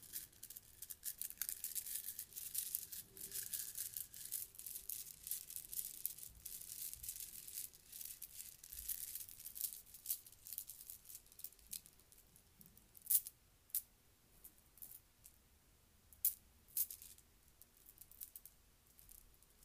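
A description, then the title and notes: Beaded bracelets shuffle and rattle, a dense run of bright, crisp clicks and rustles for the first twelve seconds. Then the handling thins out into sparse, sharper clacks, with distinct ones near 13, 16 and 17 seconds. ASMR Beaded Bracelets.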